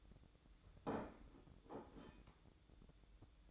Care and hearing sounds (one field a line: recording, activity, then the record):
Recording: daily activity, microphone in the room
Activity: place plate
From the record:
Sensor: 3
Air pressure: 1007.4 hPa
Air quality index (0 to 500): 49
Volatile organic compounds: 1 ppm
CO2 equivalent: 576 ppm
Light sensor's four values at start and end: 8/20/8/8 and 8/20/8/8